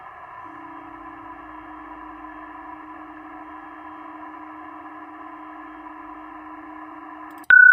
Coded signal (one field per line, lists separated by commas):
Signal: PSK31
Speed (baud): 31.25 baud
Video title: Digital Mode Revival - PSK31!!!